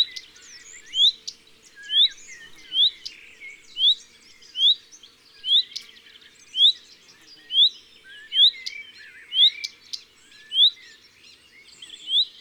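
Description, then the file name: Common redstart: sharp rising whistled notes repeated roughly once a second over a busy background of high twittering. "Rougequeue a front blanc ABC des chants doiseaux"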